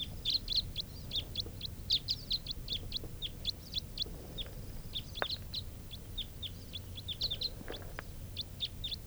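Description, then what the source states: Red Crossbill flight calls: short, sharp high chips given in quick irregular runs, sometimes doubled, over a soft low rumble. Wild call type 4 crossbill flying in and over, going from one grove to another without stopping; quite a few crossbills nearby.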